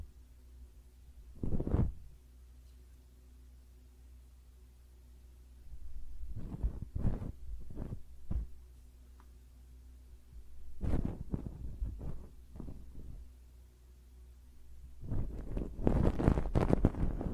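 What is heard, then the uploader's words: Close-up ear cleaning: short bursts of scratchy rubbing and crackling come in clusters, around 2 seconds, from 6 to 8, near 11 to 13, and densely from 15 to the end. Between them a steady low hum and faint tones fill the quiet. ASMR Personal Attention Close Up Ear Cleaning (No Talking).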